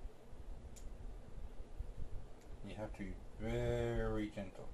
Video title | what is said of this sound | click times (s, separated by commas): fixing Samsung Galaxy Tab 4 touch screen | and pushing them in until you hear it click. | 0.8 s